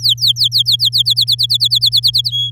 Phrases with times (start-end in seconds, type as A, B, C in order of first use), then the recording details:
0.00-0.89 A, 0.92-2.30 B, 2.32-2.50 C. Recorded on 11 May 2018 at 05:44. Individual llb16